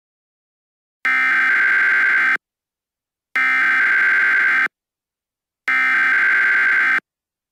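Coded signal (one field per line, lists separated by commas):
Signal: Emergency Alert System (SAME) tones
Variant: header bursts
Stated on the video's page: Fictional nuclear attack scenario using valid EAS tones.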